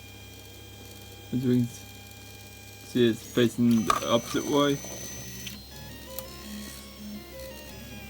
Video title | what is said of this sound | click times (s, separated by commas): Tevo Tornado Spool Upgrade | I snapped in place | 6.2 s